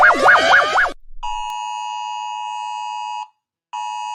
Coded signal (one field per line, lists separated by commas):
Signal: Emergency Alert System (SAME) tones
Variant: 853 and 960 Hz attention tone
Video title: Jack Paul rates EAS alarms (1)